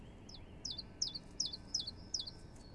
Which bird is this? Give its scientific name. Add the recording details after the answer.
Phylloscopus collybita. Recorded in Germany. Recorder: ecoPi